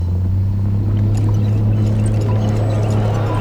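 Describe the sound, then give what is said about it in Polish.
Dishwasher water jets spray steadily at sauce remnants and dried pasta on dirty plates, a constant hiss of churning water over a deep, even motor hum that never lets up. “Dysze wystrzeliwują wodę prosto w resztki sosu.”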